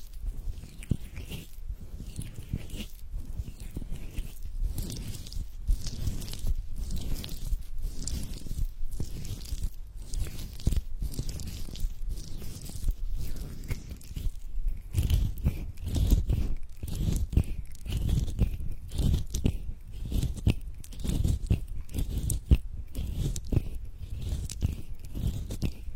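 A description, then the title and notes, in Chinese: Hand massage: rapid, even rubbing strokes about twice a second, each a short crunchy swish over a soft low thud, continuing steadily throughout. 手部按摩（声控助眠）。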